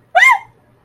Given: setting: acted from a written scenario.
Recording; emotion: vocal sound without words; fear